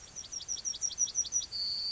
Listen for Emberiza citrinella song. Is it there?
yes